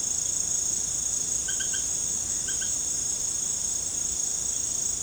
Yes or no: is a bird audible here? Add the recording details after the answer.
no. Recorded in secondary vegetation near Puerto Asís, Putumayo, Colombia, on 18 December 2024 at 18:30. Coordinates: 0.489, -76.322. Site G059